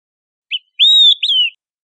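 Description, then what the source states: Olive-sided flycatcher, one loud three-note phrase: quick rising chip, long bright whistle, and a dropping final note against a silent background. Recorded in Costa Rica.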